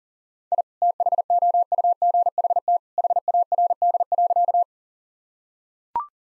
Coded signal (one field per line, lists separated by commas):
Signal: Morse code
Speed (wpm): 40 wpm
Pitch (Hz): 700 Hz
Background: none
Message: I THOUGHT HARD.